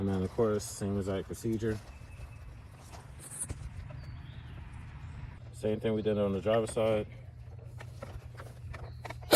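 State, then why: Not seated. Someone talks while a plastic side mirror cover is handled against the passenger-side mirror housing of a 7th-generation Maxima, with its tabs meant to snap into the housing's slots. Short, faint handling taps and knocks come near the end of the clip. Nothing has seated or clicked yet.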